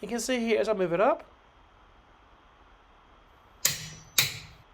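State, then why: Torque reached. Someone talks briefly, then, after a quiet pause, a click-type torque wrench tightening a car wheel nut gives a loud, sharp click at 3.6 seconds as it reaches the set torque. A second similar sharp click follows at 4.2 seconds, confirming the wheel nut has been tightened to the manufacturer's suggested torque.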